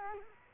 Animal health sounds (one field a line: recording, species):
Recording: mosquito wingbeat signal from an infrared sensor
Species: Culex quinquefasciatus